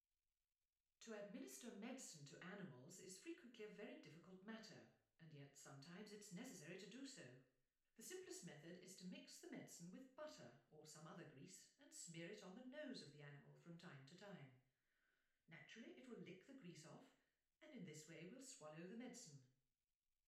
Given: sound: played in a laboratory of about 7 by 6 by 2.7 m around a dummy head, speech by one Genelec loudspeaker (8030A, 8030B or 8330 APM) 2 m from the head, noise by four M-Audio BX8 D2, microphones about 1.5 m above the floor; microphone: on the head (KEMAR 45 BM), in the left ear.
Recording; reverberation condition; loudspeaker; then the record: female speech in English; medium; behind (180 degrees)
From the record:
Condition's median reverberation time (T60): about 510 ms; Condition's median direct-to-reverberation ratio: about -0.5 dB